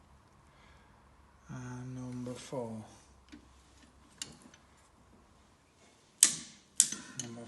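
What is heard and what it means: A click-type torque wrench tightens fastener number four on a VW air-cooled engine case while someone talks. Two sharp, loud clicks ring out at 6.2 s and 6.8 s as the wrench breaks over, showing the fastener has reached the torque setting.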